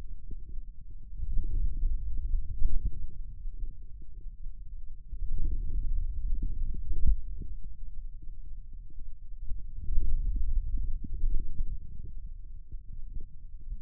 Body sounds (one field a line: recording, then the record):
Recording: forearm muscle sounds (acoustic myography)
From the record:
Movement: finger pinch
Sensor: system 2, bracelet of six BSWA MPA416 microphones around the upper forearm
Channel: 6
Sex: male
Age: 22 years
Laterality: right